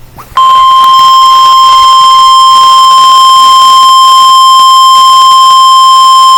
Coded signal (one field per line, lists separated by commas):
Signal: Emergency Alert System (SAME) tones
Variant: 1050 Hz attention tone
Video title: Severe Thunderstorm Warning EAS #5